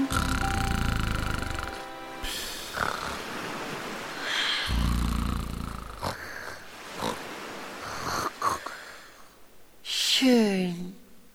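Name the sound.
voice imitating snoring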